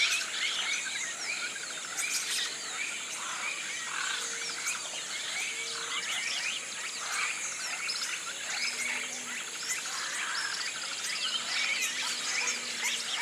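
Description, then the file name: Birds: thick bird chorus of overlapping chirps and squeaky calls, continuous throughout, alongside a constant high-pitched insect hum. Tropical rainforest at morning, flocks of birds rousing in the canopy. "articulated TROPICAL Rainforest morning rousing flocks of birds"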